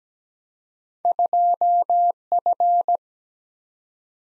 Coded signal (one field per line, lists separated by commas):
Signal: Morse code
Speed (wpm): 17 wpm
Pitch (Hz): 700 Hz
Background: none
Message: 2F